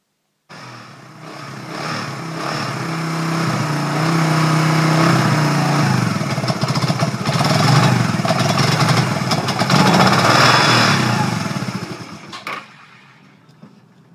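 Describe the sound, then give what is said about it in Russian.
A hoverbike engine gives a loud, steady roar with a rough, buzzing whine for about twelve seconds as it is ridden out of a canyon onto a plain at sunrise, then cuts off abruptly as the motor is shut off and the bike slows to a stop, leaving only a faint fading hum. “Джим вывел аппарат из каньона на равнину навстречу лучам восходящего солнца и заглушил мотор. Стервятник плавно замедлил ход и остановился.”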